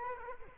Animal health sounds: mosquito wingbeat signal from an infrared sensor; Culex quinquefasciatus

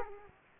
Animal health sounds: mosquito wingbeat signal from an infrared sensor; Aedes aegypti

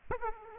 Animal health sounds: mosquito wingbeat signal from an infrared sensor; Aedes aegypti

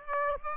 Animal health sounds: mosquito wingbeat signal from an infrared sensor; Aedes aegypti

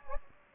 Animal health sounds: mosquito wingbeat signal from an infrared sensor; Anopheles gambiae

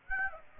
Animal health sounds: mosquito wingbeat signal from an infrared sensor; Aedes aegypti

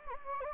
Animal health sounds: mosquito wingbeat signal from an infrared sensor; Anopheles gambiae

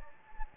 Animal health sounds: mosquito wingbeat signal from an infrared sensor; Anopheles gambiae

